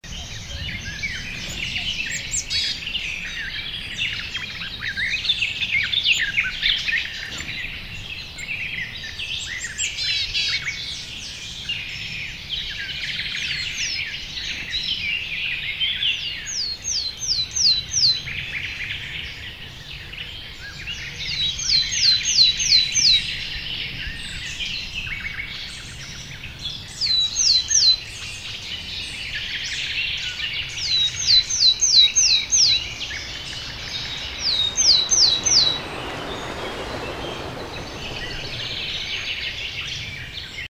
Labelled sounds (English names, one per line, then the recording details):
Willow Tit song
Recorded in the wild
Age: adult
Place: Hobrechtsfelder Rieselfelder, Naturpark Barnim, Berlin, DE
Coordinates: 52.666, 13.47
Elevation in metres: 65
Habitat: poplar grove
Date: 2014-05-17 06:57
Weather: cloudy, 10°C, weak winds
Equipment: Sound Devices 702, Sennheiser MKH 70, Rycote Windschutz
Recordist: Frommolt, Karl-Heinz